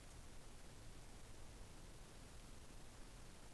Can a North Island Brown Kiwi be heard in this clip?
no